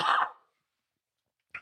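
One harsh, breathy cough from an adult man who is sick with a cold and a stuffy nose and has been taking cough medicine, then silence and the brief start of another sound at the end.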